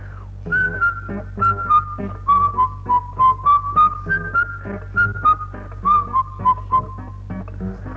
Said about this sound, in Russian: Мимо меня проходит человек, который насвистывает мелодию. Как проходит, так и уходит. Ничего не происходит, ни разговора, ничего.